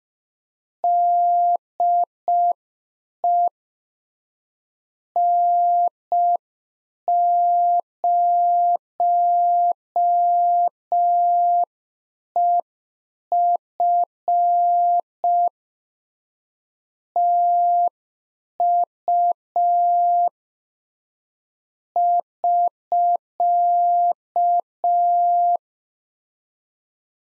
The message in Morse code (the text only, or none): DE N0EF TU <SK>